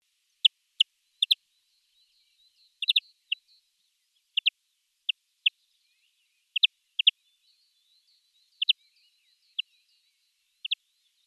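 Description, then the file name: European greenfinch giving short, sharp, downslurred chip notes, singly or in pairs every second or so, with a faint buzzy trill running beneath them. "Chloris chloris"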